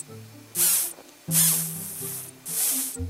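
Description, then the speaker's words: Walnut sphinx caterpillar defensive sound: three airy, high hissing bursts. Tiny caterpillar making a defensive alarm sound meant to scare off predators. "Here's a tiny walnut sphinx caterpillar doing its best to sound big and tough."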